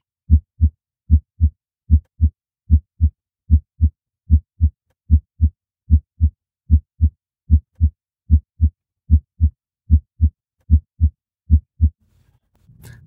The normal heart sounds. These include the S1 and S2 sound. S1 sound is caused by the mitral and tricuspid valve closing, and this marks the beginning of systole. The S2 sound is caused by the aortic and pulmonic valves closing. This marks the beginning of diastole.